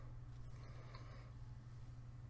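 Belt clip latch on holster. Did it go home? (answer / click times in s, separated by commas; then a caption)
yes / 0.9 s. The hinged belt clip on a Forged Tec custom kydex OWB holster for a Stoeger STR-9 9mm, set in the vertical position, is snapped over a belt. A short, sharp click at 0.95 s marks the latch seating, over a steady low hum. The belt clip is latched closed.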